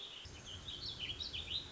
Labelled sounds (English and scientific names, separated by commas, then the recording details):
Warbling Vireo (Vireo gilvus)
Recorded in Sonoma County, California